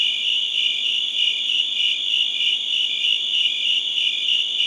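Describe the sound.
Cricket gives fast, high pulses blending into an unbroken ringing drone, with slight swells in loudness and nothing else heard.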